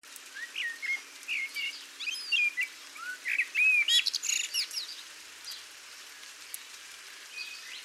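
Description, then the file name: Eurasian blackbird song: varied fluty whistled phrases with rising and falling notes and quick twittery bits, coming in bursts. "Turdus merula"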